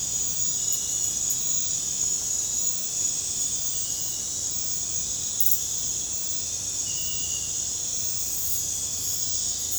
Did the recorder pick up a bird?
no